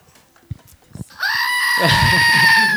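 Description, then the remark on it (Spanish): A cream-colored goat named Crema lets out one long, loud, wavering bleat with a raspy, strained tone, preceded by a few soft scattered noises and faint rustling. “Ahí está, mi cabra crema que la recuperé después de una semana.”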